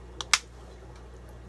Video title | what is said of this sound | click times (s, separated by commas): Sponge Filter Box Filter Japanese Sponge Filter update How to clean a sponge filter | the part with the shoulder and the holes goes in until you hear a click | 0.2 s, 0.3 s